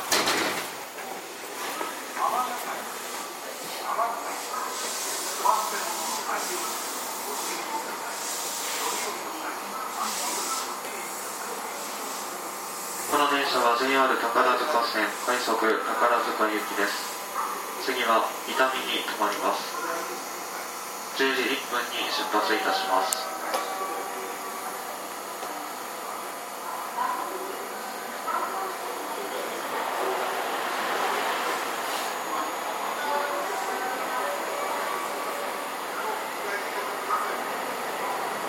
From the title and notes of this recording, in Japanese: JR207系 京橋〜宝塚。JR東西線、宝塚線の区間で録音しました。